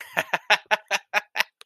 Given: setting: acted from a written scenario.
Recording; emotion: vocal sound without words; amusement